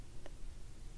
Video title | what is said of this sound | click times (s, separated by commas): I got a Montblanc 147 Traveler | I don't know if you heard that little snap it snaps in place it's in there good | 0.3 s